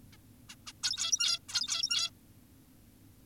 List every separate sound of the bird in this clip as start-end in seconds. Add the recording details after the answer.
0.13-0.17, 0.49-0.56, 0.67-0.72, 0.84-1.39, 1.49-2.10. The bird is an adult. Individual g17y2U